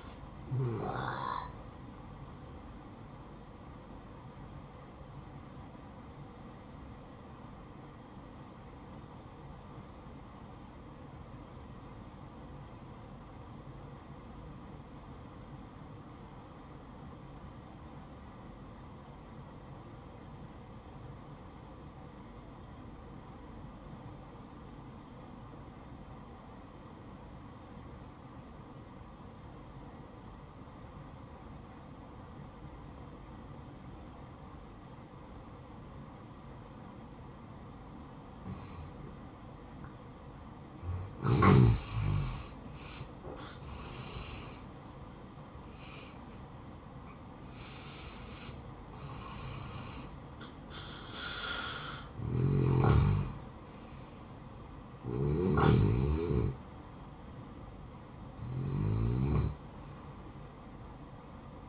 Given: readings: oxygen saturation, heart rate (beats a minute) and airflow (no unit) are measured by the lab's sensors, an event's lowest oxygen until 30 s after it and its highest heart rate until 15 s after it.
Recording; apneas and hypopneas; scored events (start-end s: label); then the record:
breathing in sleep by a smartphone at the bedside; 1
5.00-48.90 s: obstructive apnea (N1, oxygen 96% highest, then 85% lowest, heart rate 64 at the start, 75 highest)
13.00-43.00 s: new sleep stage, N2 (light sleep)
43.00-61.68 s: new sleep stage, N1 (lightest sleep)
From the record:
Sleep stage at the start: N1 (lightest sleep); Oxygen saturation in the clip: 84 to 96%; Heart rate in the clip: 57 to 75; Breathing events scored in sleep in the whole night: 573 in 9.8 hours asleep